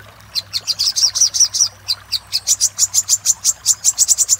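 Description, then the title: Little spiderhunter produces a series of sharp, high notes with a brief pause, over a low steady hum. "Masteran Burung Sogok Ontong Labaik"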